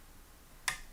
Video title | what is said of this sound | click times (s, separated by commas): 1st Video - REPAIRING battery alkaline damage on a PINBALL PCB / NVRAM upgrade | There we go. That's what I needed to hear, just that little click. | 0.7 s